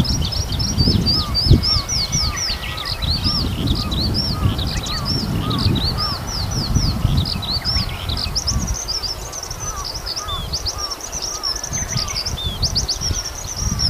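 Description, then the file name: Eurasian skylark pouring out a sustained, high, chattering song while a lower bird repeats short calls, over wind rumble. "hibari"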